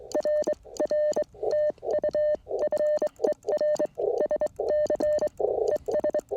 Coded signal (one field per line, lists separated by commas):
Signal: Morse code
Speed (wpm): 22 wpm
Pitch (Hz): 600 Hz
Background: none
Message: RR TU FER SC ES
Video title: Frosty CW POTA Activation With My 1928 Vibroplex Lightning